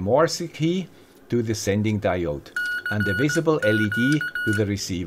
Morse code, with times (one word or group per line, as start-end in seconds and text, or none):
2.6-3.4 C
3.6-4.6 Q